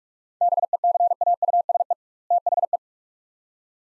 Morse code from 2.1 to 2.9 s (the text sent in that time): THE